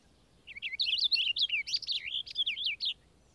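Purple Finch song: a rapid, rambling warble of bright slurred notes, rising and falling quickly, lasting about two and a half seconds against a quiet background.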